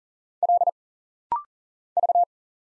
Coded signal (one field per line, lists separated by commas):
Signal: Morse code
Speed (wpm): 40 wpm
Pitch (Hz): 700 Hz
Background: none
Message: L V